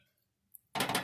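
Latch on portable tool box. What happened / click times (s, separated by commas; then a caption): The tool box latch snapped shut / 0.8 s. A latch on a Craftsman 3-drawer portable tool box is engaged into its catch. After a faint tick near 0.6 s, a sharp click at 0.8 s starts a burst of broadband rattling clatter that runs to the end, with a louder hit at about 1.1 s. The latch locks into its catch and is seated, leaving everything secure.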